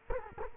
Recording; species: mosquito wingbeat signal from an infrared sensor; Culex quinquefasciatus